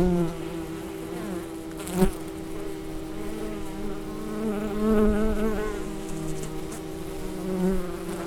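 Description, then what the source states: Bee wing buzz, a continuous droning hum that rises and falls in loudness, with a sharp click at about two seconds. In flight.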